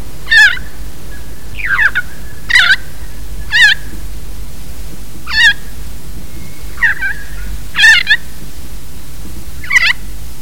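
Kaka producing a series of several grating, warbling squawks at irregular intervals, over a low droning background.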